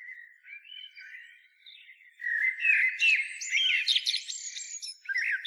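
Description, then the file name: Eurasian blackbird song, opening with soft thin whistles, then bursting into a loud jumbled stream of squeaky, twittering notes after two seconds. "Turdus merula"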